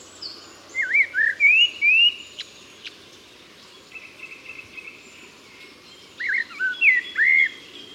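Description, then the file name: Common blackbird singing rich, mellow whistled phrases in two separate bursts, with a squeaky flourish. "Turdus merula"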